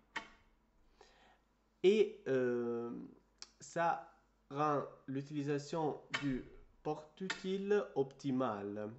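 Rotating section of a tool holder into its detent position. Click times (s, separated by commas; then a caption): 0.2 s. A rotating section of a metal hand-tool holder is turned until it engages its detent position, giving a sharp click at 0.2 s and a fainter sound around 1.0 s. Someone then talks. The holder is seated in its detent position.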